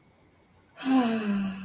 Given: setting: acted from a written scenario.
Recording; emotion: vocal sound without words; serenity